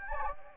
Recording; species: mosquito wingbeat signal from an infrared sensor; Anopheles gambiae